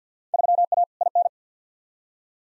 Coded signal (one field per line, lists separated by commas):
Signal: Morse code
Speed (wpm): 50 wpm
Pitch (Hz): 700 Hz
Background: none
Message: 3A IN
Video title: Field Day Exchange v2 - 50wpm